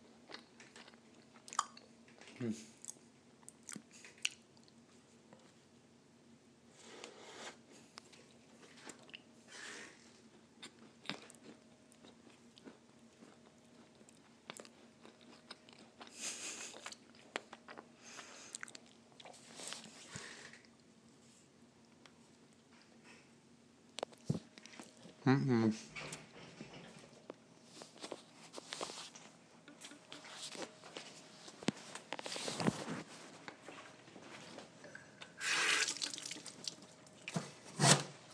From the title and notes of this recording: Eating a giant cookie.